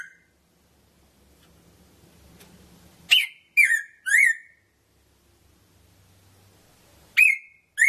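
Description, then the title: Red-throated parrotfinch calls after a quiet start: three loud downward-sliding whistles, silence, then two further notes near the end. "Erythrura Psittacea"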